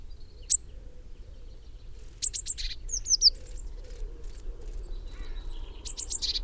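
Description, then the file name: Eurasian blue tit calls: scattered high, thin notes and short descending chips over a steady low rumble. "Cyanistes caeruleus"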